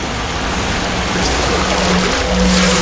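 Loud, continuous churning and splashing floodwater fills the whole stretch as a person surfaces from the water in a flooded bunker, a dense rushing wash with a faint low hum emerging toward the end; no voices are heard.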